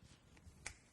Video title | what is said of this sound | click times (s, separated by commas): BMW Speaker Upgrade/Installation - (E93) 2008-2013 BMW 3 Series Convertible - BAVSOUND Stage One | There we go. It just pops right out like so. | 0.7 s